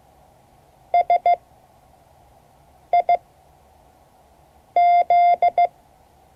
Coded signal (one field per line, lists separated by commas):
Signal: Morse code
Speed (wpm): 15 wpm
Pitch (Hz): 690 Hz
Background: none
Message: SIZ